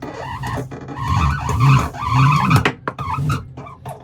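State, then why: Seated. An outboard engine on a boat transom bracket is gradually lowered on its tilt mechanism until it is fully down, with a rumbling, grinding sound. A sharp metallic clunk at 2.9 s marks the tilt lock latching automatically, locking the engine in place. Someone talks afterward.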